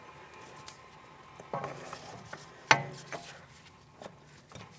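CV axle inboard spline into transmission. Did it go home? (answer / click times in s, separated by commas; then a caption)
no / none. The inboard spline end of a new front left CV axle for a 2016–2025 Chevrolet Malibu is slid into the transmission and pressed in, producing faint scrapes and light taps with one sharp knock near 2.7 s. The circlip does not catch and nothing has clicked or seated yet: the axle feels in but slides right out when pulled.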